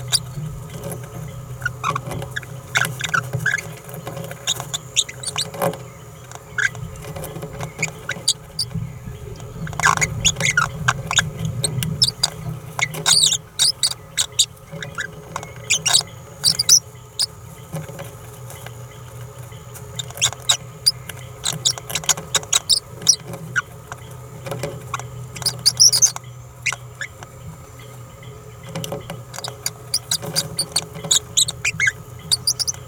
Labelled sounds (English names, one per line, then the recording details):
Green-rumped Parrotlet babbling
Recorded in a nest box in Venezuela
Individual 18B17A3